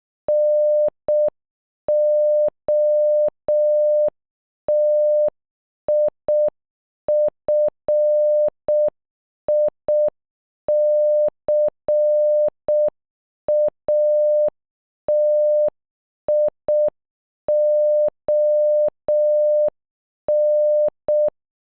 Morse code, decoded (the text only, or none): NOTIFICATION